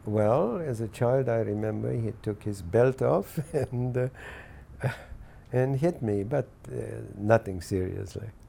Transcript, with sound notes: Well, as a child I remember he took his belt off, and, [laughs] and hit me! But nothing seriously.